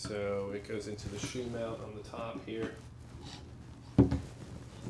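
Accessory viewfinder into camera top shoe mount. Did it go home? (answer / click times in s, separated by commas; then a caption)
yes / 4.1 s. A separate wide-angle viewfinder is slid into the accessory shoe mount on top of a Mamiya Super 23 medium format press camera, needed for the 50 or 65mm lens. Someone talks first, then a sharp click at 4.1 s marks the viewfinder locking into place in the shoe.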